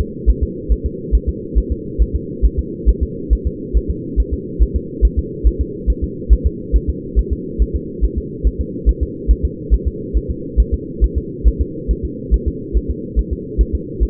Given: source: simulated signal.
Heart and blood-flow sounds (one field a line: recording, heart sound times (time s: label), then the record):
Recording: fetal heart sounds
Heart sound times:
0.01 s: S2
0.30 s: S1
0.43 s: S2
0.72 s: S1
0.86 s: S2
1.15 s: S1
1.29 s: S2
1.58 s: S1
1.72 s: S2
2.02 s: S1
2.16 s: S2
2.45 s: S1
2.59 s: S2
2.89 s: S1
3.03 s: S2
3.33 s: S1
3.47 s: S2
3.77 s: S1
3.91 s: S2
4.20 s: S1
4.34 s: S2
4.62 s: S1
4.76 s: S2
5.05 s: S1
5.19 s: S2
5.47 s: S1
5.61 s: S2
5.90 s: S1
6.04 s: S2
6.33 s: S1
6.46 s: S2
6.76 s: S1
6.89 s: S2
7.19 s: S1
7.33 s: S2
7.62 s: S1
7.76 s: S2
8.04 s: S1
8.18 s: S2
8.47 s: S1
8.61 s: S2
8.89 s: S1
9.03 s: S2
9.31 s: S1
9.45 s: S2
9.74 s: S1
9.88 s: S2
10.17 s: S1
10.30 s: S2
10.60 s: S1
10.74 s: S2
11.04 s: S1
11.18 s: S2
11.48 s: S1
11.61 s: S2
11.91 s: S1
12.05 s: S2
12.34 s: S1
12.48 s: S2
12.77 s: S1
12.91 s: S2
13.19 s: S1
13.33 s: S2
13.61 s: S1
13.75 s: S2
14.03 s: S1
From the record:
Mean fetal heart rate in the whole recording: 140 bpm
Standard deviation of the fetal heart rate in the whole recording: 2 bpm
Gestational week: 34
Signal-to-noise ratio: -4.1 dB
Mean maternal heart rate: no maternal heart sound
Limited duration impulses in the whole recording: absent